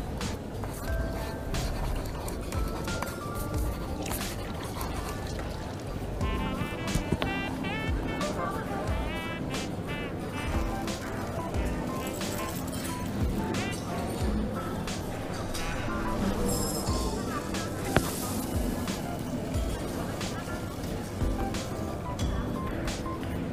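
Coffee shop ambience with a steady murmur of overlapping voices throughout, dense and low. Frequent short clicks and clinks of cups or dishes punctuate it, with a brief bright clatter around eighteen seconds. A faint low rumble sits underneath.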